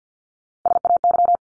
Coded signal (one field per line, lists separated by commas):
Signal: Morse code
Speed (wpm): 50 wpm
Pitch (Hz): 700 Hz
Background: none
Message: SAY